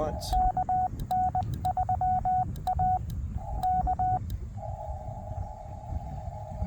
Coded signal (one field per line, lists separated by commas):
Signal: Morse code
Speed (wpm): 21 wpm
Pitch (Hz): 740 Hz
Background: speech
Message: KN3A K